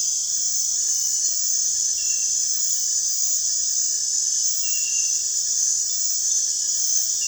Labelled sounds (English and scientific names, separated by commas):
none